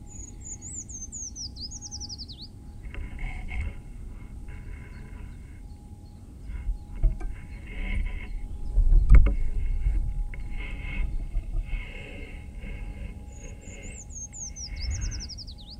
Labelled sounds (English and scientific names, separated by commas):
Eurasian Treecreeper (Certhia familiaris) song